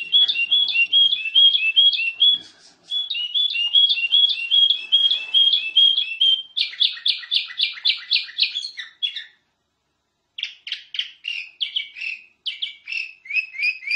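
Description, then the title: Canary song: long continuous sequence of rapid repeated trills changing type every few seconds, a pause of about a second, then choppy repeated chirped phrases. Prolific, champion-level singing canary. "Suara Kenari Gacor Suara Kicau Burung Kenari Gacor Juara 1"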